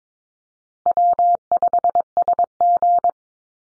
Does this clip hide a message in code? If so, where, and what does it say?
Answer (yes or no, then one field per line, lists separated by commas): yes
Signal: Morse code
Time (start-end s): 0.9-3.1 s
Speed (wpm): 22 wpm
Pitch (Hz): 700 Hz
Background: none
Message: W5SG